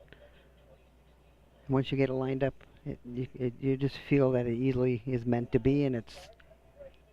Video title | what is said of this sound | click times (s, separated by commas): On/Off replacement fixing Switch for Garrett Pro-Pointer / Interruttore | gently snap it into place now you shouldn't have to force it once | 0.1 s